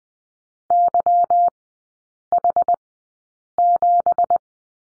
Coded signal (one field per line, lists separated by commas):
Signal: Morse code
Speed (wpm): 20 wpm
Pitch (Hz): 700 Hz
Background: none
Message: YH7